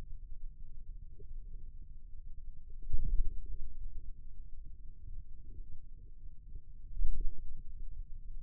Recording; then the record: forearm muscle sounds (acoustic myography)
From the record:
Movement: ulnar deviation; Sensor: system 2, bracelet of six BSWA MPA416 microphones around the upper forearm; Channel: 2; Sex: male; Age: 22 years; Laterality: right